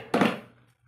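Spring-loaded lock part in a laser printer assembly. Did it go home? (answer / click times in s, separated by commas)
yes / 0.1 s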